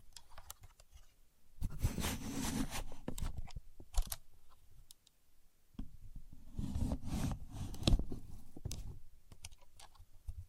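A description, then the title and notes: A contour gauge is handled, its many thin pins clicking and sliding against each other in two dense bursts, roughly from 1.5 to 4 seconds and again from 6 to 9 seconds. Between them come sparse, sharp ticks and quiet pauses. A Contour Gauge. No Talking.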